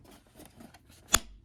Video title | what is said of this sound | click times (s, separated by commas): Hammond Collection Brachiosaurus Review #jurassicpark30thanniversary Brachiosaurus | snap I heard a snapping Sound | 1.1 s